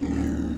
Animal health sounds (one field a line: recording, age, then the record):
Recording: pig call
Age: growing-finishing pig (85 days or more)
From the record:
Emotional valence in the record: negative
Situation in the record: barren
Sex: female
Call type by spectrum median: low-frequency call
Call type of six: low-frequency modulated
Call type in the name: low-frequency modulated, not sure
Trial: 1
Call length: 0.58 s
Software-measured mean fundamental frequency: 57 Hz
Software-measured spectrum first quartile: 144 Hz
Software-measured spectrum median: 249 Hz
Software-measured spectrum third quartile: 356 Hz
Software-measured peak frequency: 273 Hz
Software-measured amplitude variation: 172 dB a second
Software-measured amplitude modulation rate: 32.8 a second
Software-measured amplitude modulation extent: 5.2 dB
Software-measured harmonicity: 1.5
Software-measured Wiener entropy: -0.61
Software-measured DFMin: 845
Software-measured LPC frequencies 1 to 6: 290, 1813, 2785, 3826, 4773, 6101 Hz